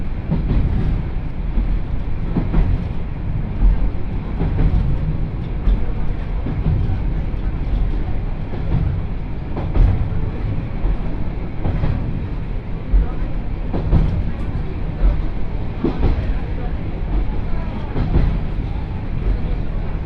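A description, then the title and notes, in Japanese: A train on the Yodo Line rolls slowly through the hills toward Muden station, its low rumble steady throughout. Soft clicks and knocks from the rails recur every two seconds or so, with a faint rattling hiss of the carriage above. 鉄道旅 予土線 宇和島→近永。キハ５４のロングシートにもう1両トロッコ車両がついていますが、こちらは途中の江川崎から乗車可能で、それに乗る人たちで混雑しています。北宇和島を出ると山越えに入り次の務田駅までのんびり走ります。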